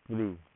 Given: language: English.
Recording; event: throat vibration sensor signal played as sound; speech